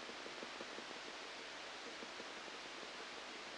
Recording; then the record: brain microelectrode recording played as sound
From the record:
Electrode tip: outside the subthalamic nucleus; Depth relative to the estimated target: -3 mm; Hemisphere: left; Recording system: NeuroSet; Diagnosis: Parkinson's disease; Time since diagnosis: 8 years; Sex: male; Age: 37 years